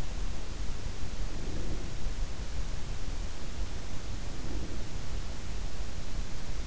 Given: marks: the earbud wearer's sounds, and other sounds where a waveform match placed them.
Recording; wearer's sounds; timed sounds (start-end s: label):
sounds in sleep by an in-ear microphone; breath
1.20-2.16 s: breath
4.24-5.20 s: breath